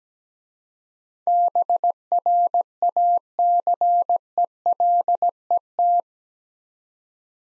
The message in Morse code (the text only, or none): BRACELET